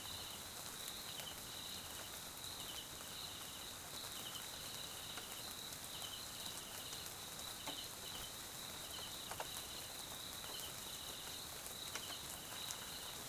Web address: Sonniss com - GDC 2018-Game Audio Bundle Tonschliff - SOUTH AFRICAN CRICKETS BG Swaziland Mkhaya Jungle Night Rain